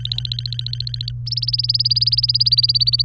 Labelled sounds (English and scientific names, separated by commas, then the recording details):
Domestic Canary (Serinus canaria) song
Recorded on 24 April 2018 at 11:16
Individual llb3